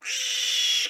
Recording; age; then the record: pig call; piglet (1 to 25 days)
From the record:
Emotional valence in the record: negative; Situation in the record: restrain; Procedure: in the arms of a person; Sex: male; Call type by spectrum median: high-frequency call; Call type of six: high-frequency stable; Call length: 0.90 s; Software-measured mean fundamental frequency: 480 Hz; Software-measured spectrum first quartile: 3110 Hz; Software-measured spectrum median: 3790 Hz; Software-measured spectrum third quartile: 5718 Hz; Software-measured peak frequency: 3359 Hz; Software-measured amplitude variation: 93 dB a second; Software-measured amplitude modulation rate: 28.3 a second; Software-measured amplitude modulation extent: 3.3 dB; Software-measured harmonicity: 3.1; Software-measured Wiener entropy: -2.29